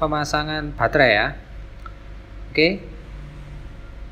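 A battery flex cable connector is being handled over a phone motherboard while the battery is fitted into the phone. Someone talks through most of the clip, and a faint, brief tick is heard near 1.9 s over low background hum. The connector has not seated or clicked yet.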